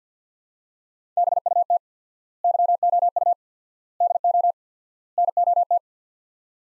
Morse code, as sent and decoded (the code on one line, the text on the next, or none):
-... ..- - / -.-- --- ..- / -.. --- / -. --- -
BUT YOU DO NOT